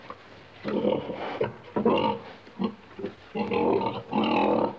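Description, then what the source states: Pig grunting repeatedly, a run of five or six harsh nasal grunts, some short and some drawn out. Pig grunting in a pen.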